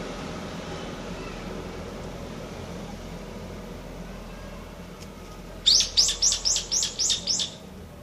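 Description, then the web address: Evening cicada song: after quiet background noise, a run of seven bright, pulsed notes lasting about two seconds. "kanakana hiyo"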